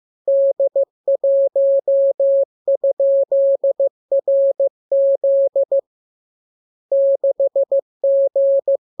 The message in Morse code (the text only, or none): D1?RZ 6G